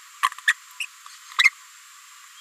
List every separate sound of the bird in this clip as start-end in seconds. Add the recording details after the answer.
0.47-0.53, 0.80-0.83, 1.38-1.44. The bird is a female. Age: 30 days. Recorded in a nest box in Venezuela. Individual 17B73B2